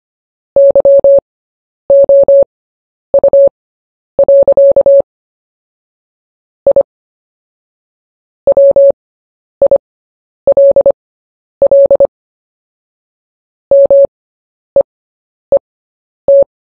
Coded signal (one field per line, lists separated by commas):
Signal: Morse code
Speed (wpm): 25 wpm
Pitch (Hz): 560 Hz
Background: none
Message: YOU. I WILL MEET